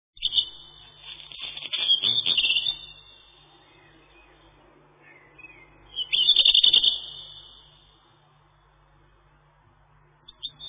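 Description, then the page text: Black redstart singing brief high-pitched phrases with a rattling, grating quality, two main bursts several seconds apart. "Горихвостка-чернушка (Phoenicurus ochruros)"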